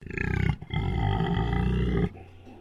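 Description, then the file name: Pig grumbling: a low, rough, pulsing grunt running about two seconds, briefly broken near the half-second mark, then dropping to a quieter tail. Landrace breed pig, recorded indoors, grumbling. "ANIMAL PIG LANDRACE EDGAR INSIDE GRUMBLE"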